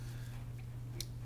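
A jaw housing assembly is screwed onto a rivet tool against spring force until the ears of the spring collar just begin to engage, giving one slight, sharp click at 1.0 s over a steady low hum. This is only the first light click of the collar engaging, and the housing still has one more click to go before it is fully in place.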